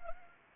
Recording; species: mosquito wingbeat signal from an infrared sensor; Anopheles arabiensis